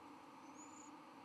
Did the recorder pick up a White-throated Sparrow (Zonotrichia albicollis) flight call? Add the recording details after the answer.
no. No flight call is heard. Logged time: 11:25 on 31 October 2014